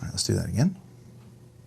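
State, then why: Not seated. Someone talks briefly while holding a mic close to a Kansept Kryo folding knife with a D2 steel blade and a G10 handle, about to close the blade into its detent in the handle. Low, quiet handling noise follows. Nothing has clicked or seated yet.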